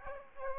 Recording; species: mosquito wingbeat signal from an infrared sensor; Aedes aegypti